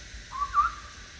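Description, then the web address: Chestnut-backed scimitar babbler giving a short pair of clear whistled notes, the second slightly higher and wavering, over a steady background hiss. Recorded at Danum on 1 April 2006. "DANUM 20060401. chestnut-backed scimitar babbler"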